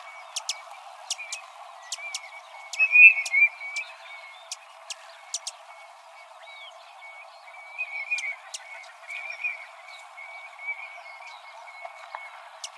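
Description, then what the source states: Broad-tailed hummingbird calls: sharp, dry ticks at irregular intervals, with a faint steady tone and some softer chatter in the background. Arizona, 18 February 2006.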